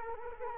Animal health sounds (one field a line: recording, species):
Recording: mosquito wingbeat signal from an infrared sensor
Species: Culex quinquefasciatus